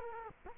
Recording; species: mosquito wingbeat signal from an infrared sensor; Culex quinquefasciatus